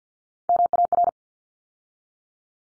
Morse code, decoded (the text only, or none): MAR